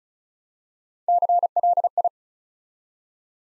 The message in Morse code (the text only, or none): CLI